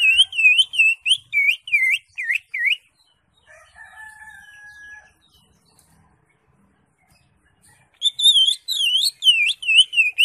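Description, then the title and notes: Greater Green Leafbird song: bouncy V-shaped whistled notes in quick series, a pause with a faint steady tone, then the notes resume rapidly. Song used for tutoring (masteran) caged birds. "Suara Burung Cucak Ijo. mantap buat masteran burung cak ijo"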